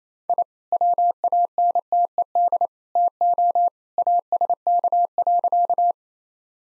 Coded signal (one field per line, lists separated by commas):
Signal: Morse code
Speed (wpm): 27 wpm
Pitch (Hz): 700 Hz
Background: none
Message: I WANTED TO ASK.